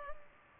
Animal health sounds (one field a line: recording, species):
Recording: mosquito wingbeat signal from an infrared sensor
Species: Culex pipiens